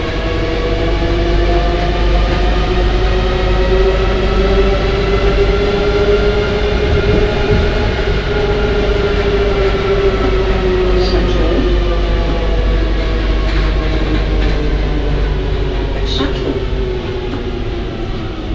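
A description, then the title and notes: A Paris metro train runs at a steady, loud roar, its motor whine climbing in pitch early on, holding, then sagging slightly toward the end. Low rumbling fills the whole span, with brief high clicks and squeaks near 11 and 16 seconds. The Parisian metro between Hotel de ville and Chatelet. Recorded by Dialekti Valsamou-Stanislawski.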